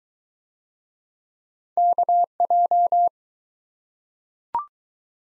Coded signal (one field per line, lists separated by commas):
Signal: Morse code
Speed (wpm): 22 wpm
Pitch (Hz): 700 Hz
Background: none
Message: KJ